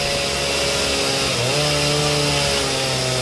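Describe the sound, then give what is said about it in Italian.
A chainsaw engine runs loud and steady, its harsh buzzing drone shifting down in pitch about halfway through and then holding a lower, even whine, with no voices. “Purtroppo il suo capo non ha a disposizione una motosega.”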